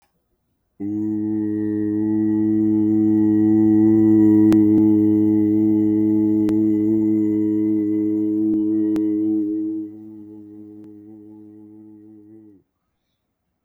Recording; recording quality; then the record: sustained vowel as in boot; excellent, no background noise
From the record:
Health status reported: exposed to COVID-19, no respiratory illness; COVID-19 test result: negative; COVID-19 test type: rapid antigen test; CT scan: not taken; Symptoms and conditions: none ticked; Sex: male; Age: 31 years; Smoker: yes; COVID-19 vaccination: both doses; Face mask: not worn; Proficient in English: yes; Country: Canada